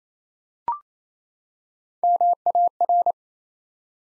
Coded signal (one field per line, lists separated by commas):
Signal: Morse code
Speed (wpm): 29 wpm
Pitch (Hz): 700 Hz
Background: none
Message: MAR